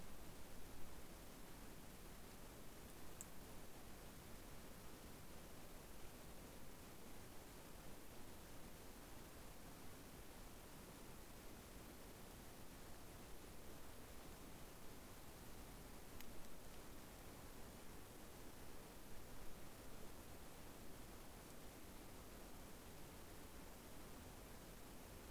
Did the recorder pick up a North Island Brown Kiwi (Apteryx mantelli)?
no